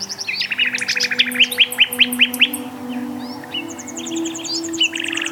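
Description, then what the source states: Common Nightingale delivering a fast throbbing series of repeated notes, then a very high rapid trill and a short buzz, over faint low droning tones. Country people call the nightingale the barley bird.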